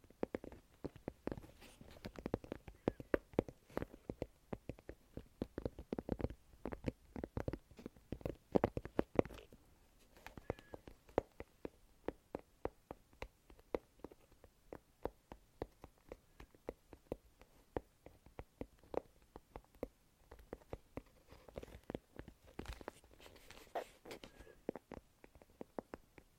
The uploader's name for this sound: ASMR INTENSE TAPPING